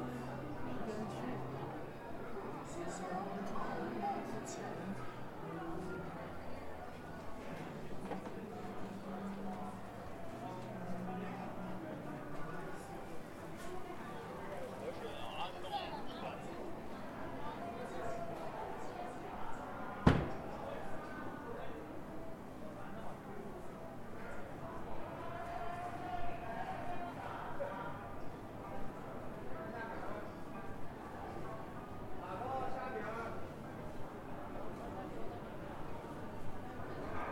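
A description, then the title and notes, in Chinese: Zhongjie street in Shenyang: a steady wash of overlapping voices and crowd chatter runs the whole way through, with a low humming tone wavering under it in the first twelve seconds. A single sharp bang cuts through around the twenty-second mark. 沈阳，中街。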